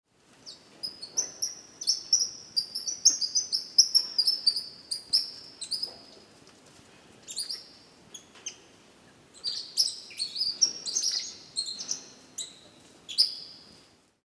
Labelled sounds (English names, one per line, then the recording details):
White-nosed Coati
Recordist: Tembrock, Günter
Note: Laute bei Begegnung